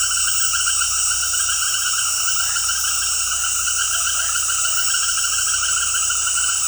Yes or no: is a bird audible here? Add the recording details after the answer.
no. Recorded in dense forest near Puerto Asís, Putumayo, Colombia, on 21 February 2024 at 20:00. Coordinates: 0.487, -76.319. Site G6403